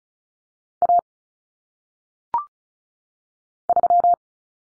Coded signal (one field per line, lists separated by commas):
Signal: Morse code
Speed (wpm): 36 wpm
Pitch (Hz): 700 Hz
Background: none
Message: A 3